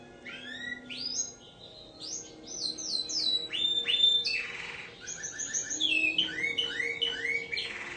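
Bird song of rising whistles and clear notes that speeds into a busy medley of chirps, trills and harsh rasps.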